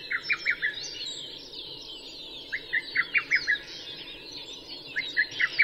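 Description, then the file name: Latham's snipe calls: short runs of sharp, clipped notes, each run repeated every couple of seconds above a steady chorus of other birds. Recorded 12 June 2011 at 03:37. "oojisigi-20110612-0337"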